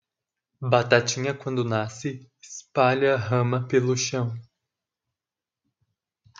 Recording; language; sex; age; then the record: short text; Brazilian Portuguese; male; 20 to 29 years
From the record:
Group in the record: control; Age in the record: 27 years